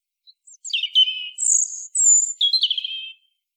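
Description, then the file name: European robin song: one phrase of thin, high whistles, dropping slurs and a fast twittering close, about two and a half seconds long, with no other sounds. "Erithacus rubecula"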